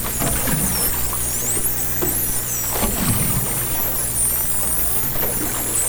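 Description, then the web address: Dolphins whistling underwater, many high looping and rising-falling whistles overlapping throughout, over a steady low mechanical hum and scattered clicks. Underwater hydrophone, 2010. "interspecies dolphin"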